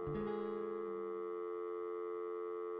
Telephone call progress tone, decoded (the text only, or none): dial tone